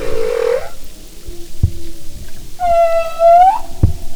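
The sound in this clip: Humpback whale song: a short buzzy note, a faint low tone, then a clear harmonic moan gently rising at its end, with occasional low knocks underneath.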